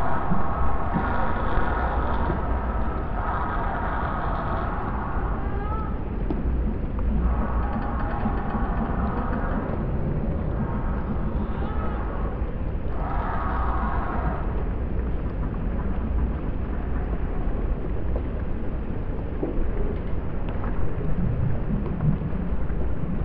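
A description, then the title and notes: Floating pontoons shift and grind over a steady low rumble, with drawn-out creaking, groaning tones rising and fading in the first fifteen seconds. The eery-strange chaotic sounds made by floating pontoons moving in response to watery energies. In mid-winter this year, I went down to a favourite pontoon that floats alongside the Sydney Opera House at a place named the Man O’War Steps. I went to the Man O’War pontoon with a contact microphone to attach to the structure and a hydrophone to listen underwater.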